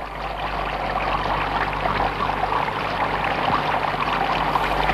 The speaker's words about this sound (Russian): Они сели в лодку, снова зашумела вода.